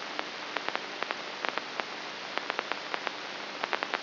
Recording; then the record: brain microelectrode recording played as sound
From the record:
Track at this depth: outside the subthalamic nucleus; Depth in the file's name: 6.64 mm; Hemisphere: right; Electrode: 3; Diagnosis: Parkinson's disease